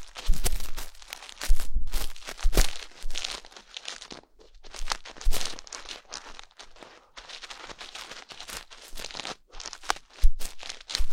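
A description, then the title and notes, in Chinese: Ear cleaning with a fluffy bonten ear pick: bright, crackly rustling and scratching bursts come and go irregularly, separated by brief near-silent pauses. 梵天掏耳。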